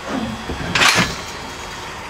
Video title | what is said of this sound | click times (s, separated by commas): The BEST AUTOMATIC Sliding 5th Wheel Hitch for Short Bed Trucks (Pullrite Superglide Hitch) | there you go and that's the uh The Click you want to hear it's nice and satisfying | 0.8 s